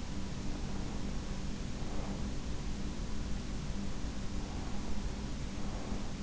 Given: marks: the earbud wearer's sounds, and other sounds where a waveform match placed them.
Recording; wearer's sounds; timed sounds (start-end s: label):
sounds in sleep by an in-ear microphone; breath
0.29-2.52 s: breath
4.41-6.23 s: breath